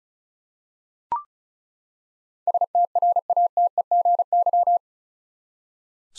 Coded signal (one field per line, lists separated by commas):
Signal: Morse code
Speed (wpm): 36 wpm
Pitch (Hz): 700 Hz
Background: none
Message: STRATEGY